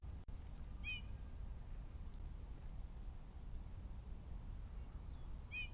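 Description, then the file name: Eurasian bullfinch calls: two short descending notes, with faint high chatter near each, over steady low rumbling noise. "Pyrrhula pyrrhula"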